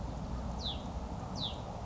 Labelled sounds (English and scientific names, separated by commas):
Hutton's Vireo (Vireo huttoni)